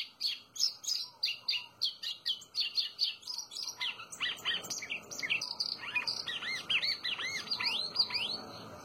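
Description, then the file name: White-throated seedeater song: a long, rapid string of high chirps that turns into varied twittering, looping notes. "canto do golinho"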